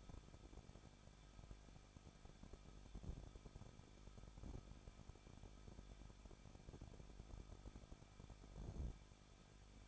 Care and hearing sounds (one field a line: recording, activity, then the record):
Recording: daily activity, microphone in the room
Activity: no activity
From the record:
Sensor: 5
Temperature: 20.8 degrees Celsius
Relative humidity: 38.3%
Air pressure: 1006.4 hPa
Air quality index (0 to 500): 188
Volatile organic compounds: 19 ppm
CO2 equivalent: 2648 ppm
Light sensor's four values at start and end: 2/3/1/1 and 2/3/1/1